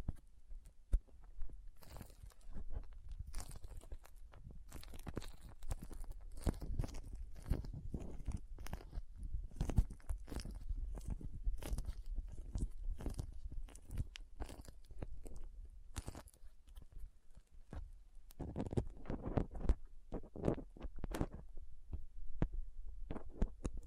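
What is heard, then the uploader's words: Soft squishing and sticky crinkling carry on for the whole stretch, with dense, irregular bursts of crackle and crunch. Dull thuds and low rumbles sit under the texture, and a short quieter gap comes near eighteen seconds before the busy handling resumes. Soft Squishy Sticky, Crinkle, Cutting Sounds.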